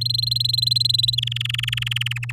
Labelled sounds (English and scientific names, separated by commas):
Domestic Canary (Serinus canaria) song